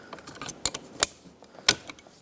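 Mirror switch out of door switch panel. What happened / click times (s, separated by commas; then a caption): The plastic switch unclipped from its panel / 0.7 s, 1.7 s. The old plastic mirror switch on a 2007-2014 Chevrolet Silverado 2500HD is gently pried out of the retaining tabs in the door switch panel, handled carefully so the panel doesn't break. Sharp plastic clicks ring out at 0.7 s and 1.7 s as the tabs let go, with another sharp snap near 1.0 s and faint rattles in between. The switch comes free of the panel.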